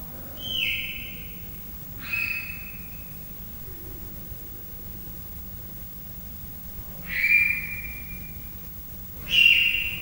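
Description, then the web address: Leopard cub chirps: four high, slightly falling whistled chirps with faint harmonics, spaced irregularly over a low steady hum. Three-month-old leopard cubs at Miskolc Zoo, recorded in 2009, chirping and meowing. "allathangok miskolcizoo 2009 standardt leopard haromhonaposkolyokcsipog nyavog"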